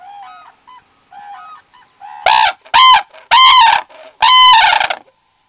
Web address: red-crowned crane